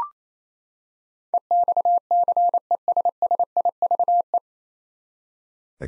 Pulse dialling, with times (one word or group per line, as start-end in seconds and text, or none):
none